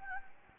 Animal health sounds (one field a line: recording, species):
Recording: mosquito wingbeat signal from an infrared sensor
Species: Anopheles gambiae